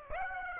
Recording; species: mosquito wingbeat signal from an infrared sensor; Aedes aegypti